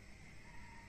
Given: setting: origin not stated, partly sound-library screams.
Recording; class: one-second piece from a danger detection set; normal situation